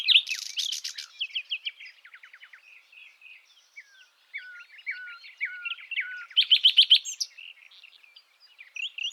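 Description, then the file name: Common nightingale song, with a harsh buzzy opening, clipped trills, a series of slurred downward whistles, then a loud rapid trill and brief twittering. "Luscinia megarhynchos"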